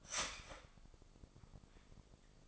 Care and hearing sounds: daily activity, microphone in the room; start toaster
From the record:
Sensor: 5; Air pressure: 995.4 hPa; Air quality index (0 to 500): 107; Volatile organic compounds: 8 ppm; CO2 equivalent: 2069 ppm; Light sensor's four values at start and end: 35/84/34/34 and 35/84/34/34

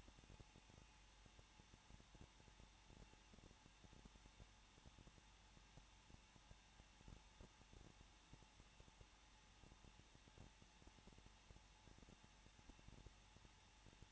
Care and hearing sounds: daily activity, microphone in the room; no activity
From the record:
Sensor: 1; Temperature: 20.1 degrees Celsius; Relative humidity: 39.2%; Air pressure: 1006.3 hPa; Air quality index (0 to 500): 218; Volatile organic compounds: 78 ppm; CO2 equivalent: 3588 ppm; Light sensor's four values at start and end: 1/2/1/1 and 1/2/1/1

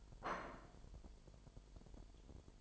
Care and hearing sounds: daily activity, microphone in the room; place plate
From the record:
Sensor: 5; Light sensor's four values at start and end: 10/24/10/11 and 10/24/10/11

